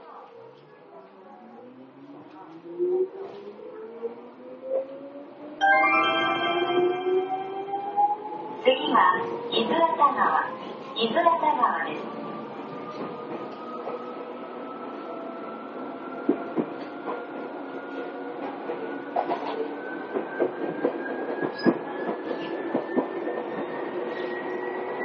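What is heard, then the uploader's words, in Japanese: An Izukyu 8000 series train pulls away, its motor whine rising steadily in pitch over the whole clip as it gathers speed. Around six to twelve seconds a chime and announcement-like voices sound, followed by a steady rumble with scattered clicks from the rails. 伊豆急8000系 伊豆急下田〜伊東。伊豆急行線の全区間の録音です。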